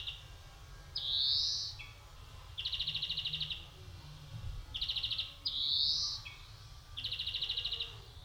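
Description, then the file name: European greenfinch alternating long nasal wheezes with short dry trills, each pair repeated twice across the passage, quiet low background noise. "Chloris chloris"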